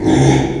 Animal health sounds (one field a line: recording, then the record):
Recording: squeal of a Yucatan mini pig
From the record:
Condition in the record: after surgery on the right vocal fold (resection and tissue-engineered implant)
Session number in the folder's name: 3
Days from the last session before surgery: 33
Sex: male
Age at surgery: 12 weeks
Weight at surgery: 13 kg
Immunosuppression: cyclosporine, prednisolone